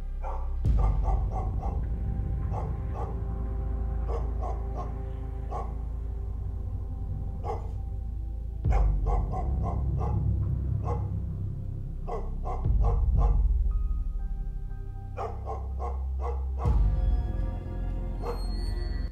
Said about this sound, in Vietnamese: Ngôi làng chuyển mình chìm trong bóng tối. Đầu đầy những tiếng chó sủa nhát gừng hướng thẳng về chỗ đại viện.